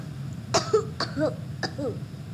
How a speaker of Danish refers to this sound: Men pludselig begyndte han at nyse og hoste. Atju, atju.